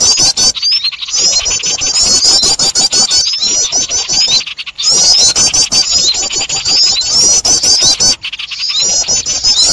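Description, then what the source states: Birds squealing and chattering in a thick, unbroken-sounding chorus of thin high notes, cut by several short abrupt gaps. Noisy bird chatter, used as a lure for trapping birds.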